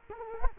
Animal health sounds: mosquito wingbeat signal from an infrared sensor; Culex quinquefasciatus

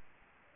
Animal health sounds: mosquito wingbeat signal from an infrared sensor; Aedes albopictus

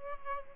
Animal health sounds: mosquito wingbeat signal from an infrared sensor; Aedes aegypti

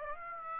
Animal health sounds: mosquito wingbeat signal from an infrared sensor; Aedes aegypti

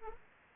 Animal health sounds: mosquito wingbeat signal from an infrared sensor; Aedes aegypti

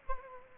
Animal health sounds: mosquito wingbeat signal from an infrared sensor; Culex quinquefasciatus

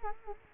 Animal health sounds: mosquito wingbeat signal from an infrared sensor; Culex quinquefasciatus

